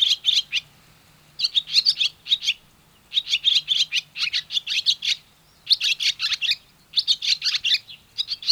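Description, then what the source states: Barn swallow song: quick clusters of sharp, high twittering chirps delivered in short phrases separated by brief gaps. Motif song.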